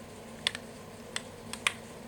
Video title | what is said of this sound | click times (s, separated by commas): Розборка підводної камери Олімпус TG 850 860 870 для заміни шлейфу дисплея | все сіло на місце | 0.5 s, 1.2 s, 1.7 s